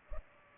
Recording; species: mosquito wingbeat signal from an infrared sensor; Culex pipiens